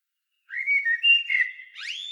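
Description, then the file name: Common blackbird whistling a smooth, mellow warble that ends in a quick rising squeak, cut off abruptly; clean background. "Turdus merula"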